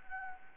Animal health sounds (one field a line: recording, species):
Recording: mosquito wingbeat signal from an infrared sensor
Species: Anopheles gambiae